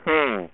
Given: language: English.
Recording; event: throat vibration sensor signal played as sound; speech